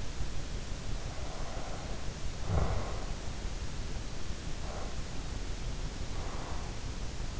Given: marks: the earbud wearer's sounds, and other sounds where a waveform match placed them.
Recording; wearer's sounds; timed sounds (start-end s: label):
sounds in sleep by an in-ear microphone; snoring breath, breath
1.09-3.13 s: snoring breath
4.56-6.96 s: breath